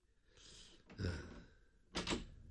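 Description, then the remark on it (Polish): A key works a door lock: a faint scrape, then a loud metallic clunk of the bolt, and a second sharp rattling clack a moment later. No one speaks. “O, i do tego na klucz. I do tego tak mocno.”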